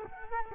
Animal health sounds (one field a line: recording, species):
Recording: mosquito wingbeat signal from an infrared sensor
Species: Culex quinquefasciatus